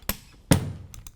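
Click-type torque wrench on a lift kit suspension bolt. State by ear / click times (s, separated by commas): torque reached / 0.5 s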